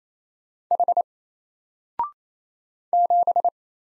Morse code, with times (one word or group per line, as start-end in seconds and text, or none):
0.7-1.0 H
2.9-3.5 7